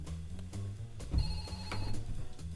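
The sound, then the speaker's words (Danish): A telephone rings with a bright, steady electronic tone, two bursts sounding over a low hum and background clatter, with no one speaking. “Der er nok nogen, der vil i kontakt med programmet. Prøv at tage den.”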